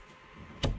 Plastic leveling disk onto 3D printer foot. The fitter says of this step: you shove it on there all the way till I clock clicks in then you can raise and lower the feet to try to get the dot in the middle so